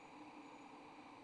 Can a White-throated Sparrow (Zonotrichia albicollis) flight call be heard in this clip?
no